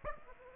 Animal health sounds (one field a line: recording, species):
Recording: mosquito wingbeat signal from an infrared sensor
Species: Aedes aegypti